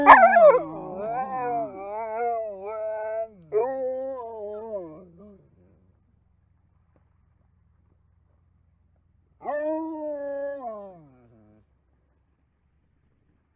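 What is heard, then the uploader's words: A long, wavering howl opens the recording, starting with a sharp bark-like burst and sliding up and down in pitch for about five seconds. After roughly four seconds of silence, a shorter, steadier howl rises near the ten-second mark and fades away. Wolves vs. Dogs: Howling Showdown.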